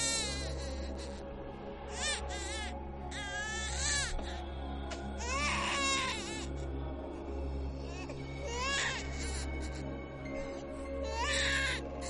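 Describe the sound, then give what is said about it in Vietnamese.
A baby wails in repeated high-pitched, wavering bursts, each shrill cry rising and falling in pitch with brief gasping pauses between, over a steady low hum. “Bỗng nhiên có tiếng khóc của trẻ con ré lên.”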